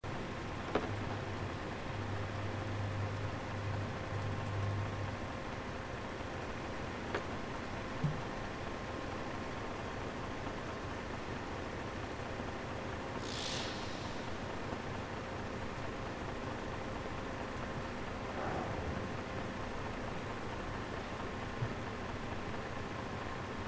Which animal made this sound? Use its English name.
Atlantic Cod